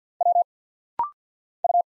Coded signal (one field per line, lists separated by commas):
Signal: Morse code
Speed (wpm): 50 wpm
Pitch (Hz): 700 Hz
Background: none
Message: W U